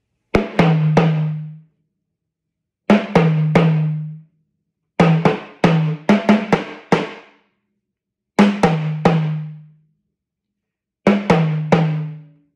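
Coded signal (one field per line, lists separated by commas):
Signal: talking drum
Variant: Yoruba dùndún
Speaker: another Yoruba talking drum line. That's it. Jijẹ ni ẹrù orí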